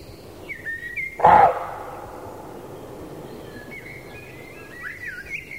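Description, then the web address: Roe deer bark: one loud, harsh bark, with thin high bird chirps before and after it. Male roe deer (roebuck). "toulky srnec"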